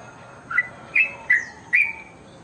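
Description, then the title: Oriental magpie-robin uttering four clear whistled notes in quick succession, each a short slurred whistle, with faint hiss behind. "Kicau Kacer"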